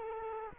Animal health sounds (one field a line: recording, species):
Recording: mosquito wingbeat signal from an infrared sensor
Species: Culex quinquefasciatus